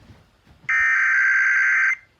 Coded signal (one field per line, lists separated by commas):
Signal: Emergency Alert System (SAME) tones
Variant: header bursts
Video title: EAS 572 - WIYY SVR